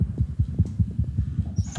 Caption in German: Der Doktor will noch die Herzgeräusche beim Nachwuchs checken. Modernste Technik im Nasenbärenstall. Victor hat ein digitales Stethoskop, das zeichnet dann auch direkt auf. Das kann man mit einem Smartphone verbinden. Und sein Herz schlägt jetzt natürlich auch ziemlich schnell, weil er sehr aufgeregt gerade ist.